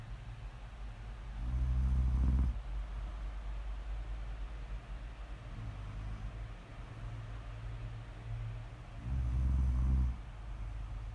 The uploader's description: prime ASMR snoring